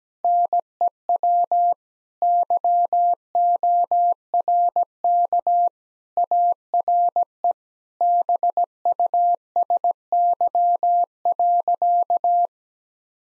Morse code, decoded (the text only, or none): NEW YORK ARE BUSY.